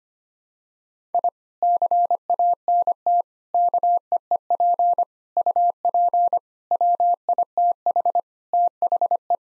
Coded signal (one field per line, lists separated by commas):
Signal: Morse code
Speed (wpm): 25 wpm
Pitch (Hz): 700 Hz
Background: none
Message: I CANT KEEP UP WITH THE